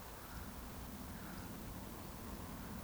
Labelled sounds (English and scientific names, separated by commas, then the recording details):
Eurasian Woodcock (Scolopax rusticola) whistle, Eurasian Woodcock (Scolopax rusticola) chase call
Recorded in Baden-Württemberg, Germany, on 15 June 2020 at 20:39 UTC
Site 14569, 102 m above sea level